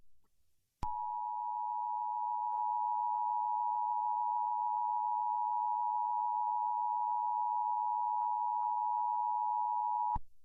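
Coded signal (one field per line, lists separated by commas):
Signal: Emergency Alert System (SAME) tones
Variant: 853 and 960 Hz attention tone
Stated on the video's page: Fictional mock alert scenario for a nation-building game.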